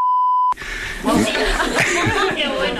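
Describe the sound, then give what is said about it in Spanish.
A flat, steady censor beep covers a man's surname to keep him anonymous, holding one high pitch for about half a second, then cuts off abruptly as laughter and lively voices take over. “Todo le ponemos un pitido.”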